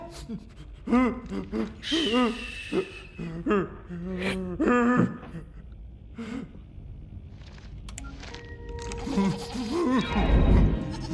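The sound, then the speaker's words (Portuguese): A goat bleats several times in quick succession, loud, wavering and nasal, each cry quivering in pitch, followed by quieter scattered noises and a brief rumbling burst near the end. “Um bode.”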